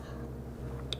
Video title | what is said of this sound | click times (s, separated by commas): Introducing the SR 4204 | into the back of the battery until it clicks | 0.9 s